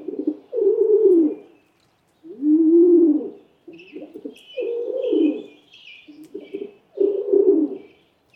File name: Rock Pigeon